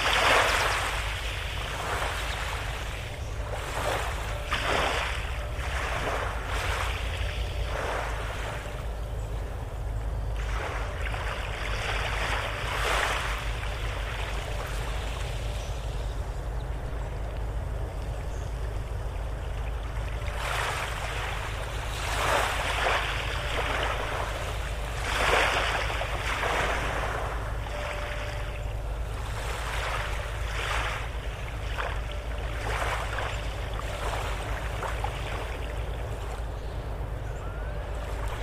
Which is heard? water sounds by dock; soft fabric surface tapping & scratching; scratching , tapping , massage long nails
water sounds by dock